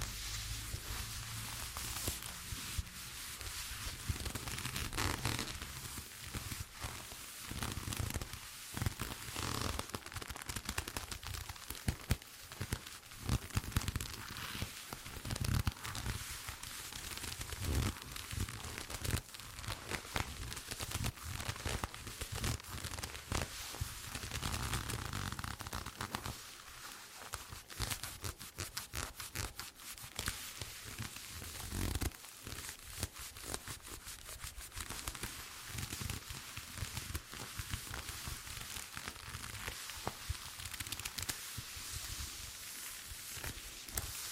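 Leather squeaks and creaks in a dense, continuous run of small crackling rubs and taps for the whole stretch, with sharper snaps scattered throughout. The texture stays busy and fairly even, briefly easing around the middle before picking up again.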